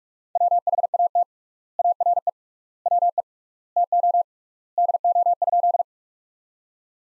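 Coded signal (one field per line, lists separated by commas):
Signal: Morse code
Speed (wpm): 46 wpm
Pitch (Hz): 700 Hz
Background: none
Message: WHAT ARE WE TO DO?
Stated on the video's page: Practice sentences built from the top 100 words, sent at 45 wpm with three times standard word spacing, a word-level analogue of Farnsworth spacing.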